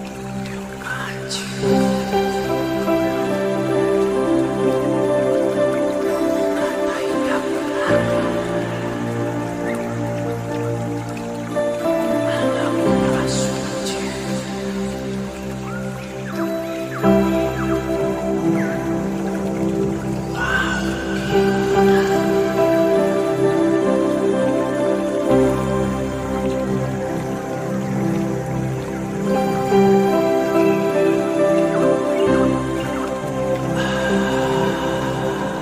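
A pan flute melody plays over a steady bed of natural water sounds, with sustained held notes and a low bass line that shifts every few seconds. Brief bright flourishes ring out near 2, 14, 20 and 29 seconds, and the level stays even throughout.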